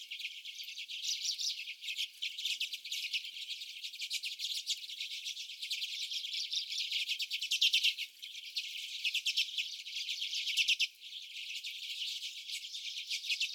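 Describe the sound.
Common redpolls chattering steadily, a busy stream of rapid twitters from several birds with only brief dips.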